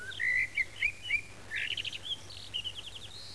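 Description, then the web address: Bird song of bright whistled chirps near one pitch, then buzzy rapid trills and short repeated notes, over a low steady hum. Recorded at Frómista, Palencia, Castilla y León, Spain. "castilla-leon palencia fromista birds canto"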